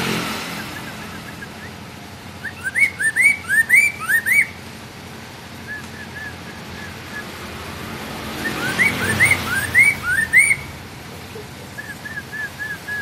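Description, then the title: Hwamei song: a quick series of rising whistles, repeated later over a swelling rush of passing vehicle noise, with softer short notes before and after. "Poksay mandarin"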